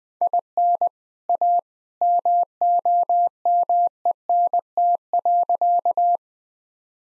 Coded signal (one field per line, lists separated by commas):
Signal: Morse code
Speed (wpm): 20 wpm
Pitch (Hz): 700 Hz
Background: none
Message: IN A MOMENT.